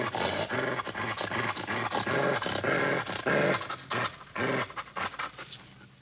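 Dog growling steadily in rapid pulsed rumbles, repeated in short bursts with brief pauses, fading toward the end.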